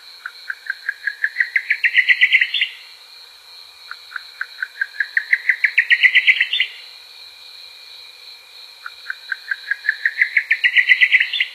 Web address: Songs of Birds of North America Stokes. Buff-collared Nightjar